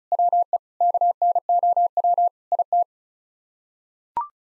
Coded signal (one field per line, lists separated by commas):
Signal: Morse code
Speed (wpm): 36 wpm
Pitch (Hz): 700 Hz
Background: none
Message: WE KNOW IT